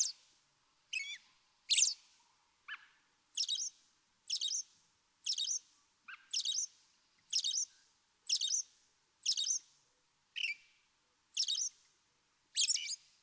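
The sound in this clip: American robin singing a steady series of short caroling phrases, roughly one each second.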